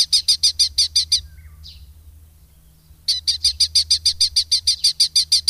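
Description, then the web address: Red-footed falcon calling in quick repeated high kew notes, a run of about eight, a pause, then another fast even series, with faint low hum beneath. "agykontroll Madardalok Cd 2. Kék vércse"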